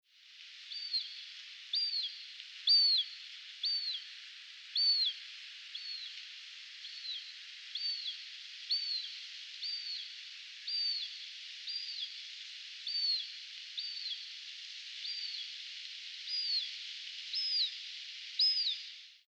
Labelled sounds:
Hen Harrier (Circus cyaneus)
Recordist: Tembrock, Günter
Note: Flugrufe

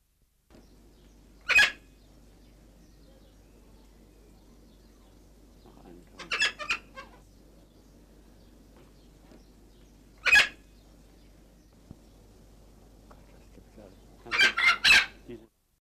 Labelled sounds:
Red-spectacled Amazon (Amazona pretrei) call
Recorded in captivity
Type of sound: call
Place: Loro Parque Tenerife, Provinz Santa Cruz de Tenerife, ES
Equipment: Halbspur, 9,5 cm/s
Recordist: Lütgens, Hans
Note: Rufe

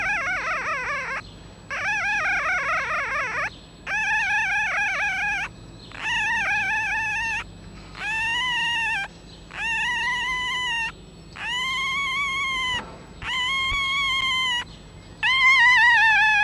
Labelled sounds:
Red Fox (Vulpes vulpes)
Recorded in captivity
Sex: diverse
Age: juvenile
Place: Zoologisches Institut der HUB, Berlin, DE
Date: 1956-04-30 13:00
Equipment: Elmetra
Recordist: Tembrock, Günter
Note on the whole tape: Molly-Welpen: Weibchen: Quärren mit Tremolo; Weibchen: Quärren mit scharfem Crescendo; Männchen: Quärren (leicht tremolierend) zweimal

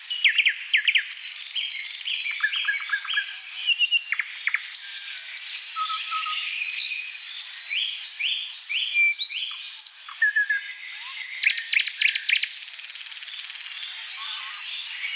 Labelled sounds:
Thrush Nightingale (Luscinia luscinia) song
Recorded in the wild
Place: Selenter See, Schleswig-Holstein, DE
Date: 1982-06-02
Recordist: Schwarz, Dieter

